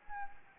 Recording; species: mosquito wingbeat signal from an infrared sensor; Anopheles gambiae